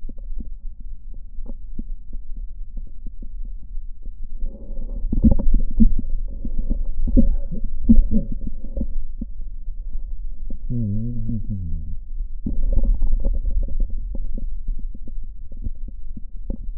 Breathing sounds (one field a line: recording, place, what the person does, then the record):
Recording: lung sounds by stethoscope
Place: left posterior basal chest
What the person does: quiet breathing, then cough and speech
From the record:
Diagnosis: COPD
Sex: male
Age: 70 years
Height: 174 cm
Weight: 94 kg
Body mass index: 31.0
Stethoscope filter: diaphragm mode